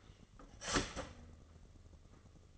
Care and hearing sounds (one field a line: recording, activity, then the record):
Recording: daily activity, microphone in the room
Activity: start toaster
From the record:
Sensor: 4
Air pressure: 996.0 hPa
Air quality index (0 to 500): 67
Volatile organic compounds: 2 ppm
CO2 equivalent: 1223 ppm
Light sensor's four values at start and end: 14/35/14/15 and 13/33/13/14